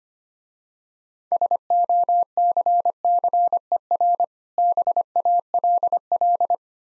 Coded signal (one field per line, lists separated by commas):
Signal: Morse code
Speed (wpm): 25 wpm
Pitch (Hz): 700 Hz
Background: none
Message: SOCCER BALL